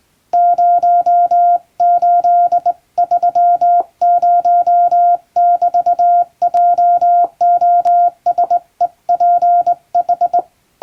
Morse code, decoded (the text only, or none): 0830<BT>JOSEPH